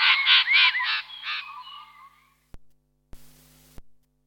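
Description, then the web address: Birds chirp in a quick, dense burst of bright notes that fades out, followed by a sharp click, a short buzzy noise and another click. "birds asiatori"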